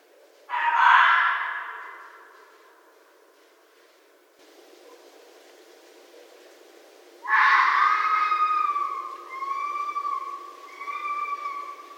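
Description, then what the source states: Red fox letting out a harsh scream, then after a pause another rasping scream followed by two shorter, more tonal wailing calls. Recorded in 2012.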